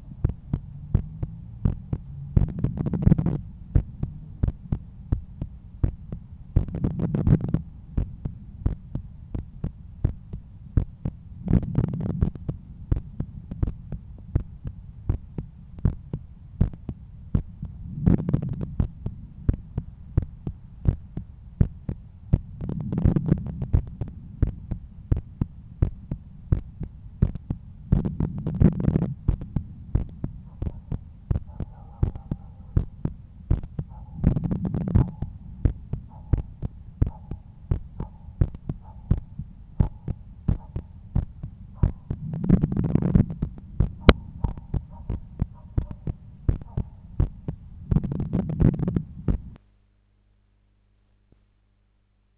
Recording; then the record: heart sounds by stethoscope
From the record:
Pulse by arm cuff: 90 bpm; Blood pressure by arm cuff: 124/81 mmHg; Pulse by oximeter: 87 bpm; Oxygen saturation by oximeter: 96%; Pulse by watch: 87 bpm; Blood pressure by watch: 122/78 mmHg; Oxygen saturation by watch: 94%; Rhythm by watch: sinus rhythm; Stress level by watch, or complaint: low stress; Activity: after 10 min smoking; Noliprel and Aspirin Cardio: after pills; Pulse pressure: 43 mmHg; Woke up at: 7:20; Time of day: 12:49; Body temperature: 35.7 C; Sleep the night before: 8 h 11 min, score 61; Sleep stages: REM 22%, light 68%, deep 3%, awake 7%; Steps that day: 9500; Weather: sunny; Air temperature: 25.8 C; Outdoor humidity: 54%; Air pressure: 1016 hPa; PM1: 55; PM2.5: 72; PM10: 84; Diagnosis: hypertension, treated with Noliprel and Aspirin Cardio 100 mg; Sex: male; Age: 53 years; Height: 174 cm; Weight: 81 kg